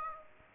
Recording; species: mosquito wingbeat signal from an infrared sensor; Aedes aegypti